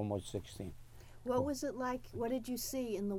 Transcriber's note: none